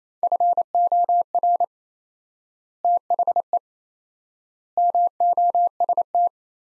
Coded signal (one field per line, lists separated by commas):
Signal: Morse code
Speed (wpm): 28 wpm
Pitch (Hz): 700 Hz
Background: none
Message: FOR THE MOST